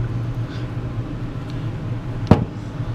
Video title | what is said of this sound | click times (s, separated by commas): Rod Bearing Archeology | see how that popped into place | 2.3 s